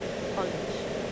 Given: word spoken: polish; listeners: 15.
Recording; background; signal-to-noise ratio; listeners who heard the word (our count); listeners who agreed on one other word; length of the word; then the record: one English word in noise, from a listening test; speech-shaped noise; -4.5 dB; 1 of 15; 6 of 15; 0.72 s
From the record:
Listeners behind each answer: 6, 5, 1, 1, 1, 1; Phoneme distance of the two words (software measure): 20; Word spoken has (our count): 2 syllables, 5 phonemes, stress on syllable 1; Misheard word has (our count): 2 syllables, 5 phonemes, stress on syllable 1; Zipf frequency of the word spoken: 4.18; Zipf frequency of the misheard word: 4.65